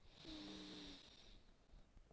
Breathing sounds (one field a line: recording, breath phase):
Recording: one breath near a microphone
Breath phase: inhalation